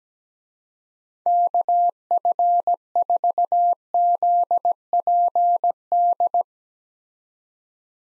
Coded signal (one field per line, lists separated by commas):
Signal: Morse code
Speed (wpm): 17 wpm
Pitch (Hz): 700 Hz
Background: none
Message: KF4ZPD